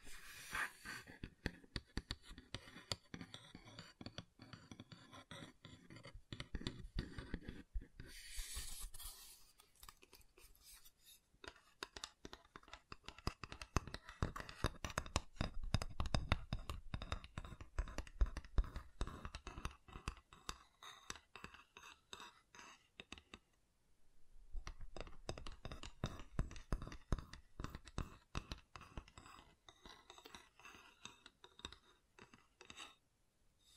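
Wooden tapping and scratching, dense bursts of light taps with brief pauses, swells of rubbing around mid-clip.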